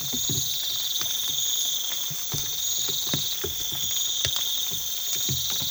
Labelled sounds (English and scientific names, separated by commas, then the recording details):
none
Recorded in pastures near Puerto Asís, Putumayo, Colombia, on 8 March 2025 at 03:30
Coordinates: 0.487, -76.322
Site G077